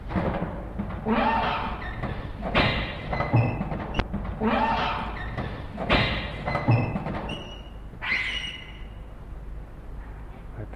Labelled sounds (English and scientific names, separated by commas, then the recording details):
Hamadryas Baboon (Papio hamadryas)
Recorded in captivity
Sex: diverse
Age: diverse
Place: Zoo Berlin, Berlin, DE
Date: 1961-01-14 15:30
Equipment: Minifon, Kopie Smaragd
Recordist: Tembrock, Günter
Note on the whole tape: Mantelpavian: Mutter mit Jungem (geboren im Dezember 1960), dieses schreit, Mutter zitternde Bewegungen, legt sich dann auf den Bauch (über das Junge) leicht schlagende Bewegungen gegen dieses, andere kommen mit dunkelen Lauten hinzu. Mutter richtet sich wieder auf. Junges quäkt erneut. Später kreischen Halbwüchsiger. Dann nochmals ein Junges. Abstand ca 4 bis 6 m